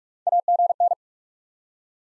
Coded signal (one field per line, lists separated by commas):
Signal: Morse code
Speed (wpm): 46 wpm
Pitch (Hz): 700 Hz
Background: none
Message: AGN